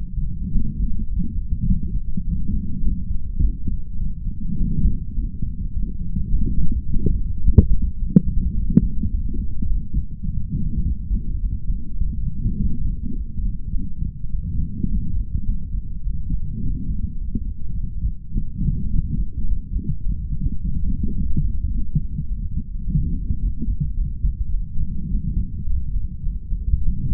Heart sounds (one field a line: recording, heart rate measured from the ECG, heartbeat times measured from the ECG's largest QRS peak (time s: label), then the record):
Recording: heart sounds by stethoscope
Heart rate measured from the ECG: 105 bpm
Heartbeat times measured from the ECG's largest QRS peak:
0.51 s: heartbeat
1.09 s: heartbeat
1.65 s: heartbeat
2.23 s: heartbeat
2.83 s: heartbeat
3.39 s: heartbeat
3.97 s: heartbeat
4.57 s: heartbeat
5.15 s: heartbeat
5.72 s: heartbeat
6.29 s: heartbeat
6.86 s: heartbeat
7.41 s: heartbeat
7.98 s: heartbeat
8.54 s: heartbeat
9.10 s: heartbeat
9.66 s: heartbeat
10.24 s: heartbeat
10.82 s: heartbeat
11.39 s: heartbeat
11.96 s: heartbeat
12.56 s: heartbeat
13.13 s: heartbeat
13.71 s: heartbeat
14.29 s: heartbeat
14.88 s: heartbeat
15.45 s: heartbeat
16.02 s: heartbeat
16.60 s: heartbeat
17.18 s: heartbeat
17.74 s: heartbeat
18.31 s: heartbeat
18.90 s: heartbeat
19.46 s: heartbeat
20.02 s: heartbeat
20.59 s: heartbeat
21.16 s: heartbeat
21.71 s: heartbeat
22.26 s: heartbeat
22.82 s: heartbeat
23.39 s: heartbeat
23.94 s: heartbeat
24.50 s: heartbeat
25.08 s: heartbeat
25.65 s: heartbeat
26.22 s: heartbeat
26.82 s: heartbeat
From the record:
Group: healthy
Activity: light exercise 0-24 s, rest 24-27 s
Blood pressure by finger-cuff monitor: 97/57 mmHg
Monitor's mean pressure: 68 mmHg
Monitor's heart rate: 105 bpm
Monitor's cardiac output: 7.4 L/min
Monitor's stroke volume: 71 mL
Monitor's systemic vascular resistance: 650 dyn s/cm5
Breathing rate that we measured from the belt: 29 breaths a minute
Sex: male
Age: 22 years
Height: 181 cm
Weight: 60 kg